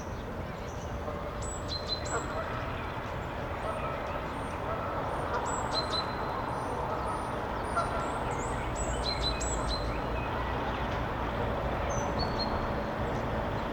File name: City Birds March Nl Eu 8 26 Am 220326